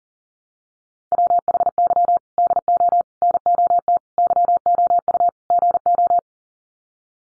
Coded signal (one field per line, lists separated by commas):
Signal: Morse code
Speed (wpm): 40 wpm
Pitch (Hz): 700 Hz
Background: none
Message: WHY DO NOT YOU GO